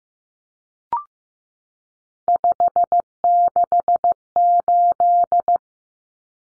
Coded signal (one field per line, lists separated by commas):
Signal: Morse code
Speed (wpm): 15 wpm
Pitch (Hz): 700 Hz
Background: none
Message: 568